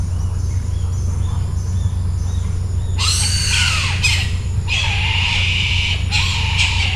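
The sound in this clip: Bird giving harsh, raspy squawks in the second half, several drawn-out bursts with a dipping lower tone, over a steady low hum.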